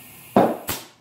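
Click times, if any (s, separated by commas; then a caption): 0.4 s. A tire on a 2001 Suzuki GZ250 motorcycle is inflated until its rubber bead pops onto the bead seat of the wheel rim with a sharp, loud pop at 0.4 s, followed by a weaker, brighter burst at 0.7 s that fades out. The bead is seated on this side, but the other side has not popped on yet.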